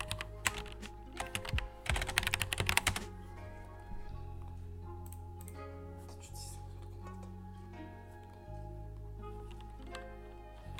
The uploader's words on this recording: Keyboard sounds of me doing my homework. Keyboard from battletron, black switch + rgb. Mic : fifine k669b.